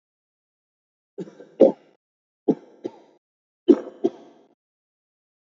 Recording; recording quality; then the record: heavy voluntary cough; excellent, no background noise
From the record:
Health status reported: healthy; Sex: male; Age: 25 years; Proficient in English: yes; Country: India